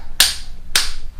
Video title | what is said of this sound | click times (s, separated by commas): Maike KK10s scooter Assembly | two handlebars snap into place here | 0.2 s, 0.8 s